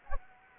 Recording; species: mosquito wingbeat signal from an infrared sensor; Anopheles arabiensis